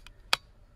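The axle lock button on a cordless patio cleaner's brush head is pressed all the way in while the brush cross is turned. A faint tick at 0.1 s comes before a sharp, bright click at 0.3 s as the lock engages and the axle is locked.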